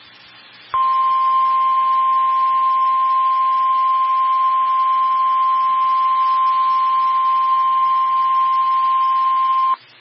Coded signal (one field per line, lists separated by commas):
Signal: Emergency Alert System (SAME) tones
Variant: 1050 Hz attention tone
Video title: FLASH FLOOD WARNING (EAS ALERT 148)